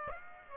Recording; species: mosquito wingbeat signal from an infrared sensor; Aedes aegypti